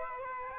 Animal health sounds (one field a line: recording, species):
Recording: mosquito wingbeat signal from an infrared sensor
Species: Aedes aegypti